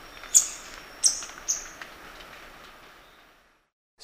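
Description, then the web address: Scaly-throated foliage-gleaner giving three sharp, high, snappy notes in quick succession, followed by quiet. Recorded in Ecuador. "Birds of Ecuador. Scaly-throated Foliage-gleaner"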